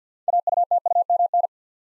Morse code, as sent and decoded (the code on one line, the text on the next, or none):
.- ..- - ..- -- -.
AUTUMN